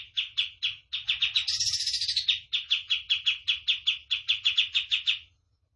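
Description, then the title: Tembakan bird delivering clear repeated high chips, running into a short ringing trill midway, then resuming chips and stopping. Tutor song for training caged birds; a lively, continuously singing (gacor) Tembakan bird. "Masteran Burung Tembakan Gacor"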